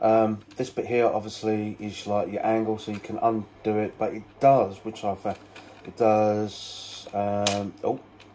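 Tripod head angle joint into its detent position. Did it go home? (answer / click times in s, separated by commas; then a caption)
no / none. Someone talks while handling the angle-adjust joint of a plastic phone/camera tripod head, undoing it to move it toward a set angle position. Only speech and light handling noise are heard. The joint has not yet clicked into its detent position.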